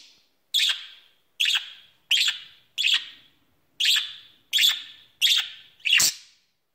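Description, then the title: Budgerigar squawks, eight rasping notes at a fairly even pace, the last one broader. "Budgie Sounds"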